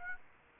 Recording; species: mosquito wingbeat signal from an infrared sensor; Aedes aegypti